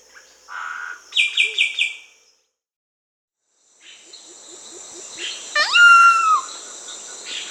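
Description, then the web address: Solitary cacique with buzzy rattled notes, a pause, then soft low clucks and a loud swooping whistle that levels off, over a steady insect drone. Peru. "Birds of the Amazon 3. Solitary Cacique (Cacicus solitarius), Peru"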